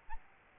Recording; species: mosquito wingbeat signal from an infrared sensor; Aedes albopictus